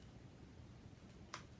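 A plastic sidebar insert is pressed into an opened plastic clamshell comic book case over a low, steady background rumble. A single sharp snap sounds at 1.3 seconds as the sidebar seats into place.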